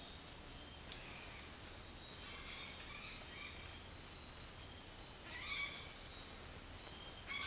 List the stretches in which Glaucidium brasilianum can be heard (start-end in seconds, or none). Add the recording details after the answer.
none. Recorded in dense forest near Puerto Asís, Putumayo, Colombia, on 19 February 2024 at 18:00. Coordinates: 0.500, -76.322. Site G6465